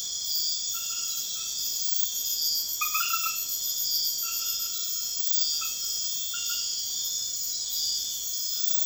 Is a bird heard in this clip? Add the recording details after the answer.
no. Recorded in secondary vegetation near Puerto Asís, Putumayo, Colombia, on 28 February 2025 at 02:00. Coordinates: 0.498, -76.327. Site G001